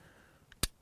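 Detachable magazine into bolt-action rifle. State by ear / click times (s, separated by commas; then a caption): seated / 0.6 s. A detachable magazine with a polymer bottom is given a firm press up into the magazine well of a Zoli Taiga bolt-action rifle. A faint tick comes at 0.5 s, then one sharp, loud click at 0.6 s. The magazine latches and is seated.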